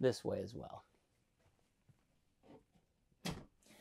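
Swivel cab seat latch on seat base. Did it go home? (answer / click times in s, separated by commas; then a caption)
yes / 3.3 s. A swivel cab seat is turned back to its forward position on its seat base while someone talks. After a few faint soft knocks, a sharp click at 3.3 s marks the swivel latch engaging, and the seat locks back into place.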